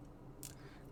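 The plastic front plate of an Agora Models 1/16 scale Leopard 2A6 Main Battle Tank partwork kit, with its headlight wire fed through, is pressed onto the model hull. A single short, bright snap is heard at 0.5 s over a low, steady background hum. The snap fitting engages and the front plate is seated in place.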